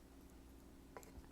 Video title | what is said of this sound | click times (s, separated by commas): Intel Edison - Initial Setup | and once it snaps on you know it's not coming off so it has a pretty good little grip to it | 1.0 s